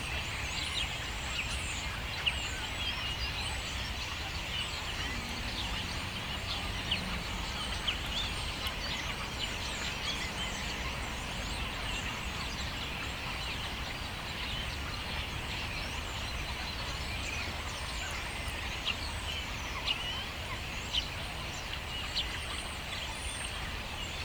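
Thousands of starlings chatter together in a dense, unbroken wash of chirps, whistles and squeaks that holds steady throughout. Brief sharper calls stand out now and then, around 2, 7, 20 and 21 seconds, over a low rumble of background noise.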